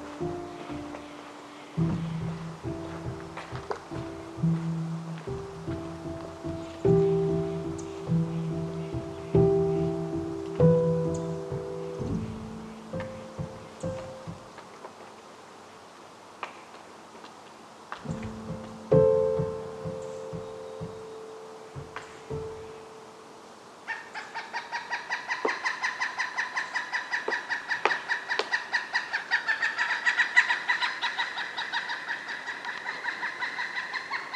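In Forest Park's Upper Macleay section, low droning, shifting tones and scattered knocks fade, then a steady bright whirring chorus takes over around 24 seconds.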